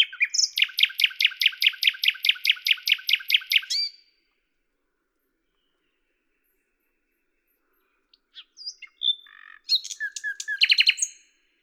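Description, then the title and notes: Common nightingale song: a long fast rattling trill of repeated notes, a pause of silence, then a phrase of varied chirps and clicks. Recorded at Lavours, Ain, France on 10 May 1998 with a Tascam DAP-1 and Télingua microphone; edited in Samplitude 5.1. "D83, 01350 Lavours, France - rossignol à LAVOURS. 10/05/1998"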